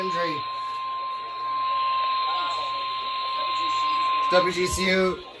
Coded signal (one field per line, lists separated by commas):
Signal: Emergency Alert System (SAME) tones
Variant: 1050 Hz attention tone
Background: speech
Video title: MARGINAL INSANITY 3: KEY WEST CHAOS - EAS Alerts From 9/24/23 - 9/27/23 (EAS #963-988)